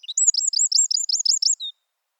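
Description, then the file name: Eurasian wren song phrase: a rapid run of many high, repeated twittering notes, ending in a short lower note, with no other sounds. "Troglodytes troglodytes"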